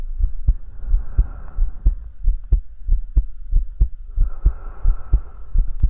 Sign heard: ASMR Hugging your Head HeartBeat with Breathing.